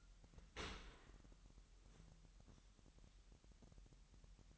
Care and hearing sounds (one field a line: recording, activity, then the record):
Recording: daily activity, microphone in the room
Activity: open dishwasher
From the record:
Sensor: 3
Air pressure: 998.3 hPa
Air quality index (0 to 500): 148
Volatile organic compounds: 5 ppm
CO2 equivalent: 1773 ppm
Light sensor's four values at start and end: 13/39/16/14 and 13/39/16/14